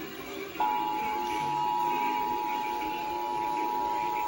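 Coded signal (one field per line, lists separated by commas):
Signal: Emergency Alert System (SAME) tones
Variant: 853 and 960 Hz attention tone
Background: music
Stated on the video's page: Connecticut Required Monthly EAS Test captured from multiple FM radio and TV stations.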